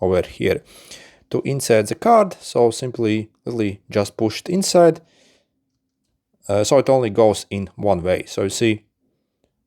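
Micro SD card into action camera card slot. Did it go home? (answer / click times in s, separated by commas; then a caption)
no / none. Someone talks while handling a micro SD card at the spring-loaded card slot of an H88/GH88 thumb action camera, with a silent pause around 5 to 6.5 seconds before the talking resumes. The card is being pushed toward the slot, but nothing has seated or clicked yet.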